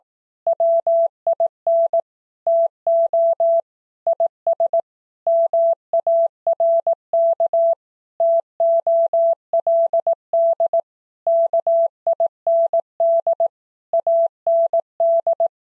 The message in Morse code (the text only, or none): WIN TO IS MARK TOLD KIND AND